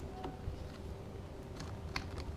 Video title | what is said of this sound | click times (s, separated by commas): X1 Gen6 battery replacement | there you go snaps right in | 2.0 s